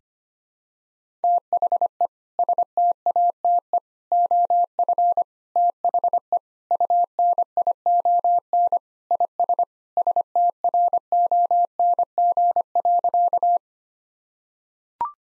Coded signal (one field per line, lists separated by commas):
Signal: Morse code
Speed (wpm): 25 wpm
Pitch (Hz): 700 Hz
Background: none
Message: THE STATE OF THE UNION IS STRONG.